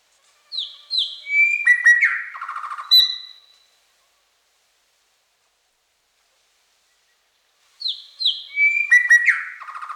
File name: sandstone shrike thrush